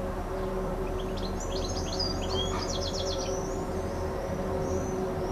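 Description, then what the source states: Bird song: one lively phrase of fast trilled and whistled notes lasting about two seconds, set against a steady low hum. Recorded on an MZ-N 710 device, dated 26 06 14.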